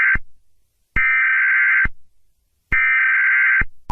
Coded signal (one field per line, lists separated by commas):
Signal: Emergency Alert System (SAME) tones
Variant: header bursts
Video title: Rating eas alarms part 3